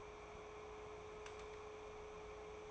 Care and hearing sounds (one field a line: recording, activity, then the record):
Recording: daily activity, microphone in the room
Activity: take from stove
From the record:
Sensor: 1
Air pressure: 1010.5 hPa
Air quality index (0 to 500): 170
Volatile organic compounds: 12 ppm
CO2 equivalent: 2345 ppm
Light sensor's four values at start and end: 55/141/58/74 and 59/154/63/81